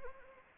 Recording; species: mosquito wingbeat signal from an infrared sensor; Anopheles arabiensis